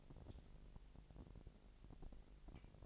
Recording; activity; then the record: daily activity, microphone in the room; take from stove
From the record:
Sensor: 5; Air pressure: 1002.1 hPa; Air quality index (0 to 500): 249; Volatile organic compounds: 9 ppm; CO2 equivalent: 2163 ppm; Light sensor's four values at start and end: 21/45/20/22 and 21/45/20/22